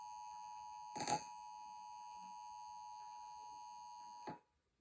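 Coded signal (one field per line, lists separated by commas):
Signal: Emergency Alert System (SAME) tones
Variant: 853 and 960 Hz attention tone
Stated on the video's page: Broadcast radio/TV EAS Required Monthly Tests from local stations.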